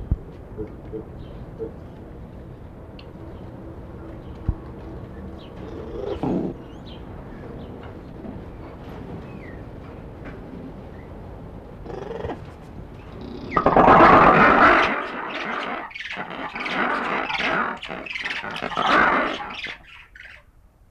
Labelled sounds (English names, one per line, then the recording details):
Red Ruffed Lemur call
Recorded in captivity
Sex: group
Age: adult
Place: Tierpark Berlin, Berlin, DE
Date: 1985-09-03 11:35
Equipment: Nagra SN, Kopie Uher 4000 Report Monitor
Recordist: Tembrock, Günter